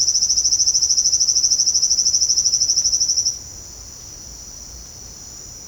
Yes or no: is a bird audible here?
no